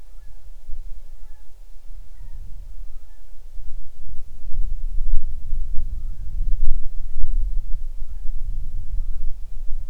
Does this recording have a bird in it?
yes